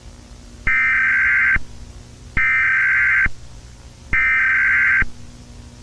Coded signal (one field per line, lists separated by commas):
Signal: Emergency Alert System (SAME) tones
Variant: header bursts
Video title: EAS scenario - The Empire